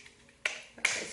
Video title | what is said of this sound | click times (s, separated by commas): How To: DIY Shift Boot (No Sewing!) | it does have to snap in place down okay | 0.5 s, 0.8 s